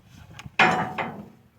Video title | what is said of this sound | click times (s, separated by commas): How to change Tractor Implements Backhoe to Mower on our Kubota L3800 3 point hitch | it's here at lock into place PTO | 0.6 s